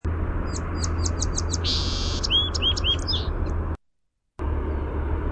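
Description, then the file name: Song sparrow song: a run of rapid high repeated notes, then a buzzy trill and a jumble of short slurred notes, over steady low rumbling background noise, which drops out completely for over half a second near the end. "SOSP song"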